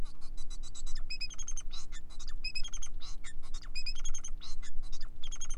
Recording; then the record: song of a male Bengalese finch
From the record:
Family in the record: son of father 4